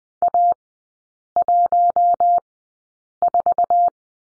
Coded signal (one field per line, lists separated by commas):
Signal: Morse code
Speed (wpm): 19 wpm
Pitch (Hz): 700 Hz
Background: none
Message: A14